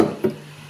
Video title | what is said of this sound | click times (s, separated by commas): How to use the DeLonghi La Specialista Arte Manual Coffee Machine to make an Espresso Coffee ☕️🤓💕 | and they click in. | 0.0 s, 0.2 s